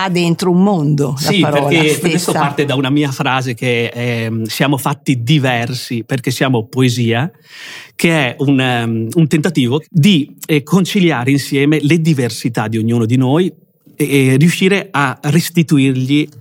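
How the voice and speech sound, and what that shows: Adult man speaking Italian with mild stuttering: a word repetition, stretched sounds and hesitant pauses within otherwise fluent speech.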